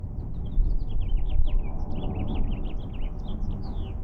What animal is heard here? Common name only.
House Finch